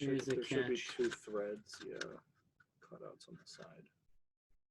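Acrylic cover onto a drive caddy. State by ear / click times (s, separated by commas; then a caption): not seated / none. Someone talks while a plastic acrylic cover is slid down over a drive caddy along its side cut-outs until it catches, with faint handling noises between the words. The cover is handled but not yet home, and nothing has seated or clicked yet.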